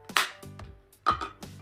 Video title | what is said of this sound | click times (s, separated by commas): Unboxing & Reviewing KOOPOWER Cordless Stick Vacuum Cleaner + DE GIVEAWAY #sponsored | it clicks and here and | 0.2 s